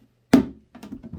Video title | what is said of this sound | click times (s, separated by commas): How to build a Kuggis storage box from ikea | and you can hear those two clicks meaning they're all now in the correct place | 0.3 s, 0.8 s